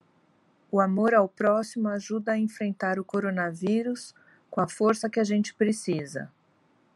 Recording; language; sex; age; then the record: spoken sentence; Brazilian Portuguese; female; 50 to 59 years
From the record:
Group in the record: control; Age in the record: 53 years